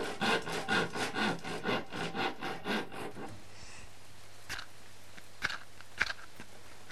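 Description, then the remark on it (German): A saw rasps through wood in a steady back-and-forth rhythm, about a dozen loud, gritty strokes, then stops, leaving quiet with a few faint knocks and clicks. “Wir sägen in die nächste Szene.”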